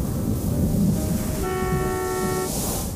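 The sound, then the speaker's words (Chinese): A car horn blares in one sustained, steady-pitched honk lasting about a second, cutting through a constant low rumble of road traffic. “记忆被一阵鸣笛声打断”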